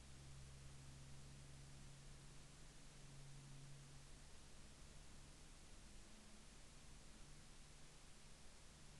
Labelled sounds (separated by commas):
aircraft